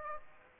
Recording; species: mosquito wingbeat signal from an infrared sensor; Aedes aegypti